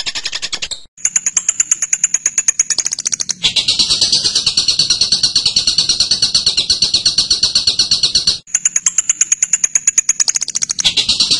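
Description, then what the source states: Bird singing rapid, high repeated chips that alternate with long, dense buzzing trills, with two short silent breaks. Birdsong training recording (masteran) of a bird's voice.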